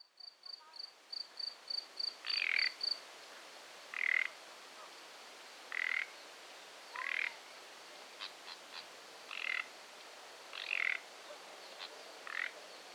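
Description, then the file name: Common nightingale calls: a quick run of thin, high whistled notes, with a series of short rasping croaks beginning near its end and repeated every second or two. "Luscinia megarhynchos"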